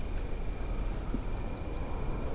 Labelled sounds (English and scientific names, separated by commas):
Common Sandpiper (Actitis hypoleucos)